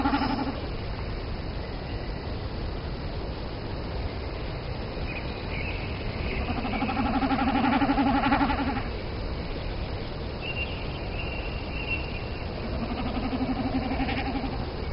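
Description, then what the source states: Common snipe drumming: three bouts of fast, throbbing, bleat-like humming, the middle one loudest, set against constant low rumbling noise and faint ticking. Recorded at Ruhtinansalmi, Suomussalmi, on 17 May this year; strong background noise spoiled earlier attempts.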